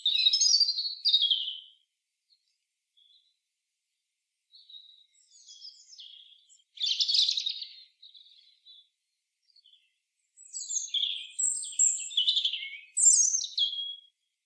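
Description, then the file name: European robin singing in separate phrases of high, thin warbles and trills with pauses between them, some phrases quiet and some loud. "Erithacus rubecula"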